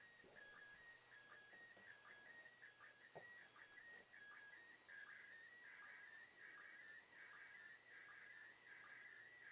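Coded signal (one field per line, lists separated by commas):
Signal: SSTV (slow-scan television)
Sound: warbling tone shifting around 1.5-2.3 kHz with regular short low sync blips, through hiss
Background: radio static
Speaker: So far, pretty good picture. Now we're getting a little bit noisy now.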